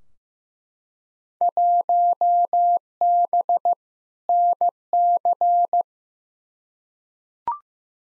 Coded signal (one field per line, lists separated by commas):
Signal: Morse code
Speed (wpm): 15 wpm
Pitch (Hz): 700 Hz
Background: none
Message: 1B NC